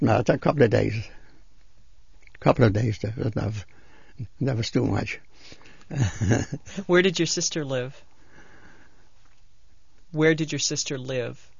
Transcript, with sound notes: Not much, a couple of days, a couple of days, and that was too much. ( he laughs )
Where did your sister live? Where did your sister live?